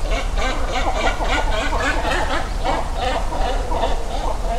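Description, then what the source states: Great cormorant calls: a continuous chattering run of rapid pulses, several per second, over loud low background noise. Great cormorant colony beginning to nest at Hayashi, Ritto City, Shiga Prefecture, Japan; EM172 stereo mics fixed to a tree about 30 cm across, Sony ECM-M10 recorder.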